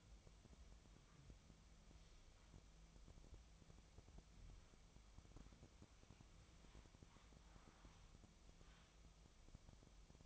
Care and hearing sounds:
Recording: daily activity, microphone in the room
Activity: wipe stove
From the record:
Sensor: 1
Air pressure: 1004.8 hPa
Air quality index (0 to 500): 81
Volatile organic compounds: 2 ppm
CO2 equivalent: 1085 ppm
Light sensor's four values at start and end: 9/23/9/10 and 9/23/9/10

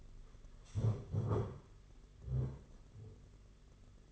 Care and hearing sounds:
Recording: daily activity, microphone in the room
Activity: stand up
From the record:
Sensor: 4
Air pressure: 992.4 hPa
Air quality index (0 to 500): 117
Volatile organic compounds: 26 ppm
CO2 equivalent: 2864 ppm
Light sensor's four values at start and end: 20/72/26/28 and 20/72/26/27

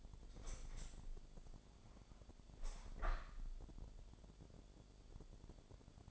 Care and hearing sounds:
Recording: daily activity, microphone in the room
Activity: open window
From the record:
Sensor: 5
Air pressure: 1006.7 hPa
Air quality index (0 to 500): 188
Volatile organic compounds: 5 ppm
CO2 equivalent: 1793 ppm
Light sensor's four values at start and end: 57/161/63/63 and 57/162/63/64

